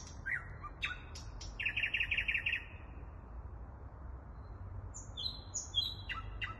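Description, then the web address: Thrush nightingale song, starting with clicks and a fast buzzy trill, a short pause, then high descending whistles and sharp notes; low rumble underneath. Song recorded in Kaluga. "luscinia luscinia canto del ruisenor en kaluga"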